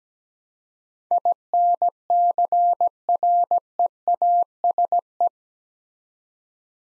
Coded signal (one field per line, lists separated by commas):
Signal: Morse code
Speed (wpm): 17 wpm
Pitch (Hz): 700 Hz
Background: none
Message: INCREASE